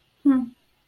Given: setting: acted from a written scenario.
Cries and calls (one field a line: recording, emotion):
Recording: vocal sound without words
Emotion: neutral